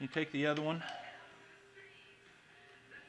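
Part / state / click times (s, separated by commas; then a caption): brake pad into motorcycle brake caliper / not seated / none. Someone talks briefly while the second brake pad of a KTM 1190 motorcycle is picked up and positioned in the brake caliper, its lip going over the rod, ready to be slid up and snapped into place. After the talk, only a faint steady hum and low handling noise remain. Nothing has snapped or seated yet.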